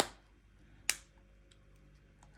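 After replacing the battery in a Ford key fob, the plastic back battery cover is put back onto the fob housing and pressed down. Two sharp snaps are heard at 0.0 s and 0.9 s, followed by a couple of faint ticks, and the cover is seated and closed.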